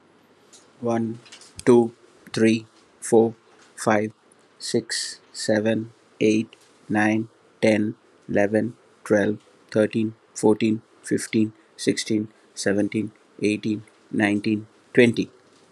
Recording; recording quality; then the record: counting at a normal pace; excellent, no background noise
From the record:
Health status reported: healthy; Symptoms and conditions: hypertension, diabetes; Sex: male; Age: 46 years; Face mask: not worn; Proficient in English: yes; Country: India